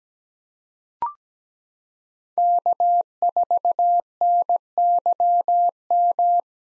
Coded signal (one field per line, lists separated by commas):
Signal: Morse code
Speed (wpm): 17 wpm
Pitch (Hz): 700 Hz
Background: none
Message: K4NYM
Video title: 2023 POTA Activator Call Signs - 17wpm